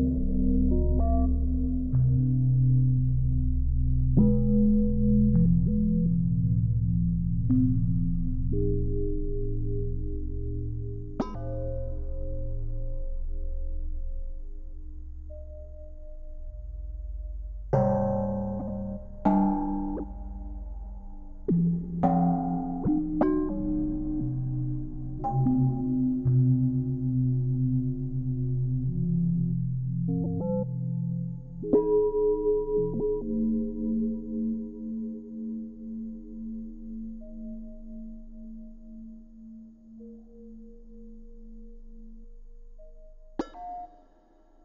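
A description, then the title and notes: Metal and glass objects such as saucepan lids, vessels and implements are struck one after another, each ringing with a clear, sustained tone that slowly fades. Strikes come every few seconds, densest around the middle, over a deep low hum, with a final sharp tap near the end. Individual sounds of everyday objects like saucepan lids, wine glasses, tools and implements, vessels and containers. I strike the object once with something, perhaps a chopstick with a rubber band wound around one end, a wooden spoon or something else to hand, and record the sound it makes.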